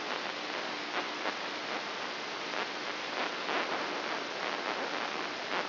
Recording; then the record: brain microelectrode recording played as sound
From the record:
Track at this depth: outside the subthalamic nucleus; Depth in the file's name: 6.461 mm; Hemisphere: left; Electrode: 3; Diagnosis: Parkinson's disease